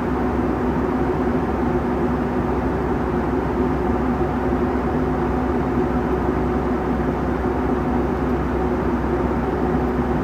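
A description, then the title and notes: A steady, unbroken engine drone inside a Boeing 757 cabin fills all ten seconds, heavy in the low end with a few constant humming tones layered over a dense rumble. Loudness holds level throughout, with no announcements or separate events standing out. FULL FLIGHT - Boeing 757 Frankfurt to Palma (Condor) - WHITE NOISE.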